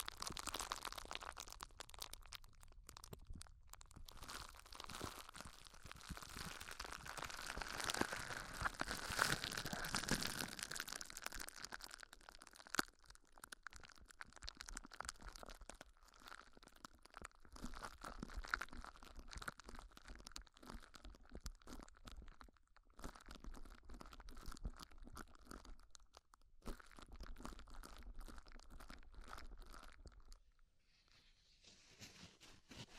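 Ear exploration with dense crunching, crinkling and crackling, heaviest in the first ten seconds, broken by brief pauses and thinning out near the end.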